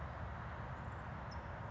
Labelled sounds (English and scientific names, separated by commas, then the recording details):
California Towhee (Melozone crissalis)
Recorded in Sonoma County, California